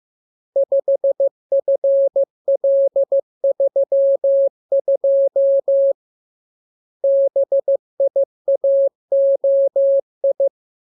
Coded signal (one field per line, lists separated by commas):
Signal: Morse code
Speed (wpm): 15 wpm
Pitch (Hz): 550 Hz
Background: none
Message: 5FL32 BIAOI